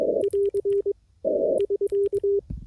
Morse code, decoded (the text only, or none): <AR> <SK>